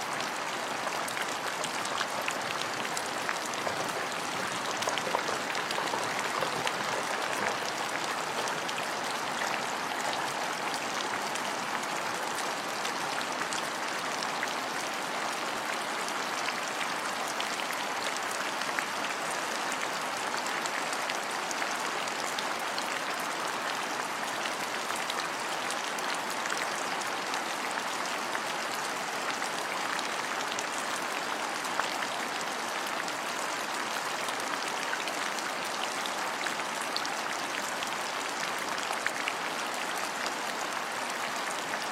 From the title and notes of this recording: Healing sound of rain.